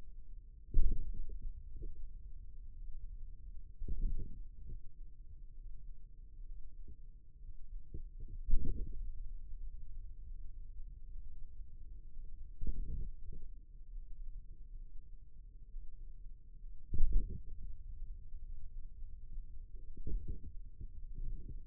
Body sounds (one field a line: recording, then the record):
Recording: forearm muscle sounds (acoustic myography)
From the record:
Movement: radial deviation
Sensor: system 2, bracelet of six BSWA MPA416 microphones around the upper forearm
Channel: 4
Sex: male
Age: 22 years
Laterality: right